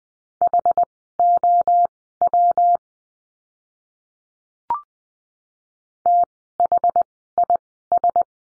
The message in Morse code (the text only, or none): HOW THIS